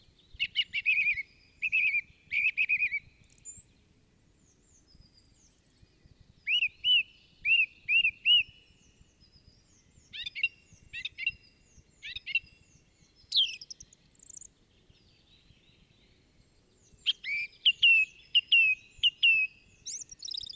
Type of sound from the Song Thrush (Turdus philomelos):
song